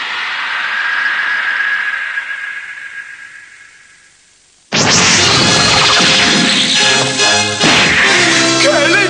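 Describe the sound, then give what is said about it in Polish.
A swishing rush of air fades out, then loud, dense smacks and crashing blows suddenly erupt and keep pounding in a rapid, chaotic flurry of fight hits. “Przeciwnik nie jest w stanie odparować ciosu.”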